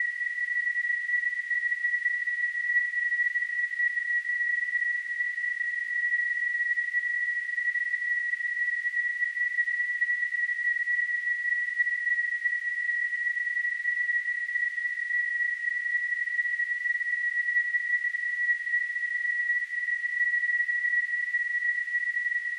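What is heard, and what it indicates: A steady, unbroken high-pitched whistle near 2 kHz, with a faint hiss around it, holds at one level for about 23 seconds. This is simulated tinnitus, imitating the constant ringing or tone a person with tinnitus hears.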